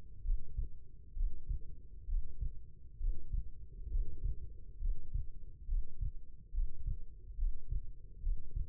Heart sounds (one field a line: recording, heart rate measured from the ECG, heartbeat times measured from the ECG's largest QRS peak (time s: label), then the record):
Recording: heart sounds by stethoscope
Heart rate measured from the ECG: 68 bpm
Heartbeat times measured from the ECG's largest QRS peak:
0.23 s: heartbeat
1.15 s: heartbeat
2.07 s: heartbeat
2.99 s: heartbeat
3.90 s: heartbeat
4.79 s: heartbeat
5.67 s: heartbeat
6.52 s: heartbeat
7.37 s: heartbeat
8.21 s: heartbeat
From the record:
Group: healthy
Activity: Valsalva maneuver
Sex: female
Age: 22 years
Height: 171 cm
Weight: 65.6 kg